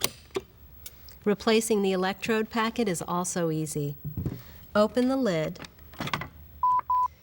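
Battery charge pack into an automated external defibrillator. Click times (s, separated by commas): 0.0 s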